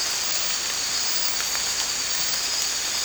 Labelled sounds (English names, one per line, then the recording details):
none
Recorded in dense forest near Puerto Asís, Putumayo, Colombia, on 8 March 2025 at 02:30
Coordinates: 0.484, -76.317
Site G064